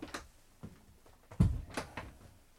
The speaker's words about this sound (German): Erlauben Sie. Ich mache die Tür zu.